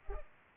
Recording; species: mosquito wingbeat signal from an infrared sensor; Culex pipiens